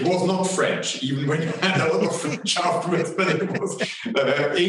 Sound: laughter